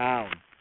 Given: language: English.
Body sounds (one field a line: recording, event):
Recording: throat vibration sensor signal played as sound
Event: speech